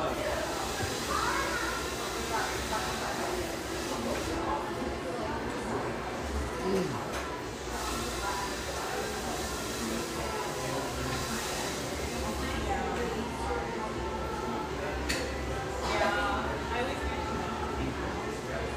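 Café chatter in a ski town: a steady murmur of overlapping voices over a constant low hum. Occasional sharp clinks cut through, around the five, twelve, fifteen and sixteen second marks, while the overall level stays even throughout.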